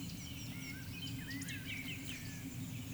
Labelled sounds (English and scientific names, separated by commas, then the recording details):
Eurasian Woodcock (Scolopax rusticola) whistle
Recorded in Baden-Württemberg, Germany, on 11 June 2021 at 19:47 UTC
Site 24606, 635 m above sea level